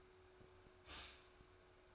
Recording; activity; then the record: daily activity, microphone in the room; stop toaster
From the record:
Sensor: 2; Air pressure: 1014.6 hPa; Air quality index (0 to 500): 193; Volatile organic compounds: 19 ppm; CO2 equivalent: 2643 ppm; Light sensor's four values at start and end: 4/10/3/4 and 4/10/3/4